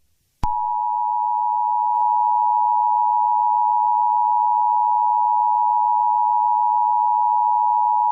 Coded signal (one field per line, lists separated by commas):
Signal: Emergency Alert System (SAME) tones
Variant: 853 and 960 Hz attention tone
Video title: eas scenario catemojibabyheat part 10